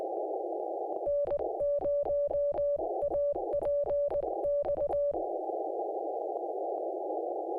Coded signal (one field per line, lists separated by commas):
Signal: Morse code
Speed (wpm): 18 wpm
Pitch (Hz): 580 Hz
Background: music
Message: N0APX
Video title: Ultimate POTA Logging Guide: Hunting, Activating & Mobile App!